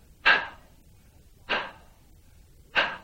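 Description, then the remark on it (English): A person demonstrates to a class the heavy breathing of John 20 ("he breathed on them"), with three forceful, hissy exhales spaced evenly about a second apart, each a short breathy whoosh with quiet pauses between and no talking. “The breathed on is heavy breathing in John. Like this, class.”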